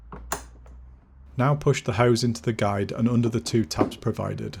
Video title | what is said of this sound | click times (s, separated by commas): AVA Pressure Washer Unboxing and Assembly - Evolution P80 | Thread the 90° elbow under the axle and push it into the outlet connector until it clicks. | 0.3 s